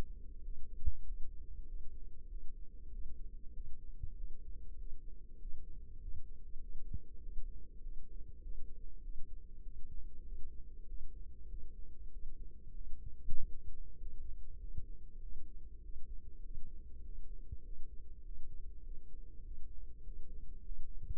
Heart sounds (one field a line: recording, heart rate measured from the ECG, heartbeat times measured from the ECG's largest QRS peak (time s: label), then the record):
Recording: heart sounds by microphone in the left ear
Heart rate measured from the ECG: 98 bpm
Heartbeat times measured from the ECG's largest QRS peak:
0.40 s: heartbeat
1.02 s: heartbeat
1.64 s: heartbeat
2.26 s: heartbeat
2.88 s: heartbeat
3.51 s: heartbeat
4.13 s: heartbeat
4.75 s: heartbeat
5.36 s: heartbeat
5.98 s: heartbeat
6.58 s: heartbeat
7.18 s: heartbeat
7.79 s: heartbeat
8.39 s: heartbeat
9.00 s: heartbeat
9.60 s: heartbeat
10.22 s: heartbeat
10.84 s: heartbeat
11.46 s: heartbeat
12.08 s: heartbeat
12.71 s: heartbeat
13.33 s: heartbeat
13.95 s: heartbeat
14.57 s: heartbeat
15.18 s: heartbeat
15.80 s: heartbeat
16.41 s: heartbeat
17.01 s: heartbeat
17.61 s: heartbeat
18.21 s: heartbeat
18.81 s: heartbeat
19.41 s: heartbeat
20.01 s: heartbeat
20.62 s: heartbeat
From the record:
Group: healthy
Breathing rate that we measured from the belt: 21 breaths a minute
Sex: female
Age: 32 years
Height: 172 cm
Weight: 71.7 kg